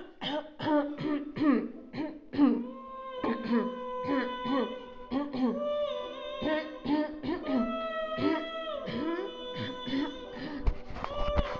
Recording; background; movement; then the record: throat clearing; music; sitting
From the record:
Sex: female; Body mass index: 21.8 kg/m2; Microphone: on the chest, facing outward